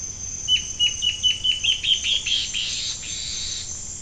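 Bird repeating short, high piping notes, the series running into a dry, buzzy trill before trailing off.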